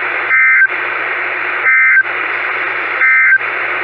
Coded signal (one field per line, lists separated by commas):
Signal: Emergency Alert System (SAME) tones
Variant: end-of-message bursts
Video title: SLIGHTLY LATE THERE, WXL25... EAS Alerts from 6/3/2020-6/30/2020 (EAS #324-336)(Re-Upload)